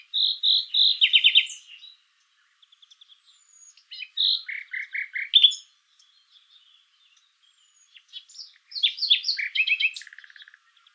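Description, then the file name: Common nightingale singing rich phrases of rapid repeated notes, trills and clear whistles, in three bursts separated by quiet pauses with soft high notes. "Luscinia megarhynchos"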